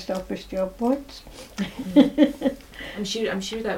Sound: laughs